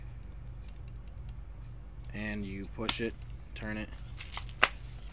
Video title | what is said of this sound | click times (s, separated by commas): Crosman Airsoft Stinger R39/P36 Spring Rifle/Pistol Review | locks into place | 4.6 s